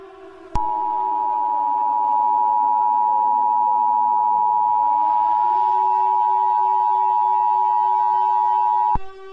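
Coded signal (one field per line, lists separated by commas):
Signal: Emergency Alert System (SAME) tones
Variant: 853 and 960 Hz attention tone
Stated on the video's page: Fictional EAS scenario, not a real alert.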